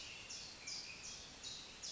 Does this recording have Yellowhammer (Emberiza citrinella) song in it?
no